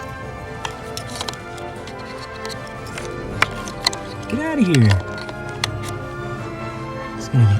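A plastic wiring harness connector from a throttle controller is handled near the throttle pedal connector it plugs into, with music playing and someone talking briefly. A few sharp, light ticks stand out around 3.4, 3.9 and 5.6 seconds, with sweeping tonal sounds near 4.5 and 7.4 seconds. The connector has not seated or clicked in yet.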